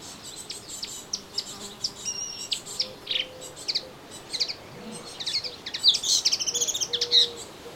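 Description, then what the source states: Melodious warbler song, varied high chirps and twittering phrases growing denser toward the end. Recorded in a garden on 25 June 2017.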